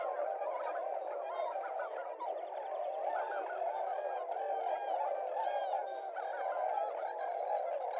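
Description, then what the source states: Tundra swans in a big flock giving a steady wall of overlapping honks and bugling notes, with higher yelping calls rising above the din. Several tundra swans.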